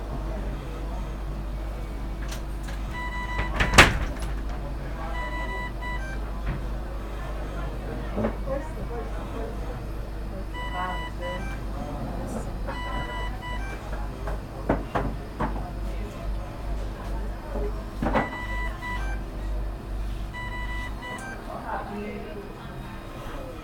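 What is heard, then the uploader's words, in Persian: In a hospital emergency room, a steady low mechanical hum underlies scattered voices, with a sharp bang near four seconds and occasional clicks. اورژانس بیمارستان شریعتی.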